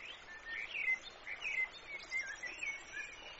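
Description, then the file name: Bird song: quick chirps and whistled notes in irregular bursts, over constant hiss. "Birds Singing"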